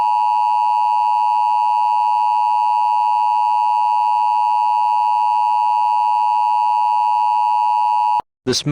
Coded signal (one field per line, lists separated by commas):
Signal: Emergency Alert System (SAME) tones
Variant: 853 and 960 Hz attention tone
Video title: EAS Scenario: The Anthro-Human Wars